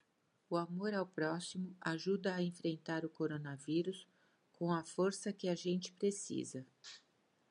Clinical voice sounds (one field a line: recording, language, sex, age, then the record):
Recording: spoken sentence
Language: Brazilian Portuguese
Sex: female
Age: 60 to 69 years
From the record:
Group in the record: control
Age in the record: 62 years